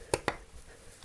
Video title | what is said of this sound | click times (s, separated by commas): Motorcycle Air Filter Change and Spark Plug Change | there we go those are the clicks and once it doesn't click anymore and it's nice and secure | 0.1 s, 0.3 s